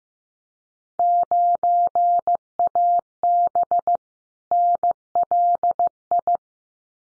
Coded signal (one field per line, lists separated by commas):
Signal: Morse code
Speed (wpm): 15 wpm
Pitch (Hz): 700 Hz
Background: none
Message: 9AB NLI